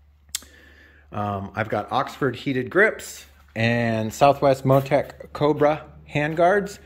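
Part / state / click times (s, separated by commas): GPS navigation unit into motorcycle handlebar mount / seated / 0.4 s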